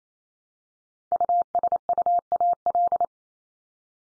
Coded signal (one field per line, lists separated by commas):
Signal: Morse code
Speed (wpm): 28 wpm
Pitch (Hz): 700 Hz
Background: none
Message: USUAL